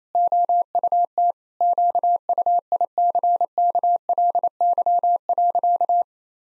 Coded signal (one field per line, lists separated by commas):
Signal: Morse code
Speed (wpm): 27 wpm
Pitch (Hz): 700 Hz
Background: none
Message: OUT QUICKLY.